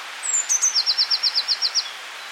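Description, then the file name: Eurasian blue tit singing a single phrase, with high sibilant lead-in notes followed by a fast, even trill. "Cyanistes caeruleus"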